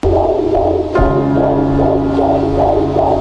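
Rapid whooshing pulses near 146 a minute under a steady musical drone: the heartbeat of an unborn baby heard by ultrasound, after 7-8 years of trying to conceive, set to music as a dance soundtrack.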